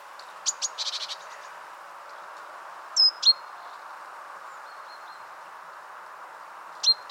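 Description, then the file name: Great tit calls, a rapid stuttering series of high notes, then sharp paired notes and another pair at the end, with steady background rushing throughout. "Parus major"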